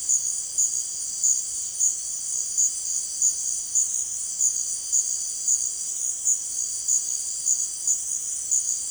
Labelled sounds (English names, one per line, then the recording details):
none
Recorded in secondary vegetation near Puerto Asís, Putumayo, Colombia, on 23 June 2025 at 17:00
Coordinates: 0.499, -76.323
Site G077